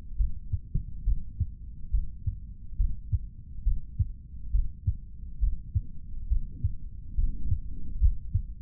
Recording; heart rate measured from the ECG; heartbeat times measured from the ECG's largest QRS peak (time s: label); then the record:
heart sounds by stethoscope; 69 bpm
0.17 s: heartbeat
1.04 s: heartbeat
1.91 s: heartbeat
2.77 s: heartbeat
3.64 s: heartbeat
4.51 s: heartbeat
5.40 s: heartbeat
6.28 s: heartbeat
7.15 s: heartbeat
7.99 s: heartbeat
From the record:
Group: healthy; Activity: breath hold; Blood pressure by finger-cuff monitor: 104/76 mmHg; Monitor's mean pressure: 85 mmHg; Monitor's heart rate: 69 bpm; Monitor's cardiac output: 3.2 L/min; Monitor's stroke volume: 47 mL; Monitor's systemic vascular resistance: 1900 dyn s/cm5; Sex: male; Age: 55 years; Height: 167 cm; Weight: 57.2 kg